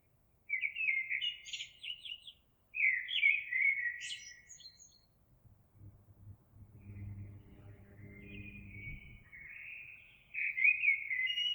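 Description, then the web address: Eurasian blackbird singing rich warbled phrases, each closing with squeaky high notes. A low rumbling noise passes midway, then another fluty phrase begins. Recorded 26 April 2022. "oiseaux Merle 2022 04 26"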